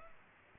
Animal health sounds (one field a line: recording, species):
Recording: mosquito wingbeat signal from an infrared sensor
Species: Culex pipiens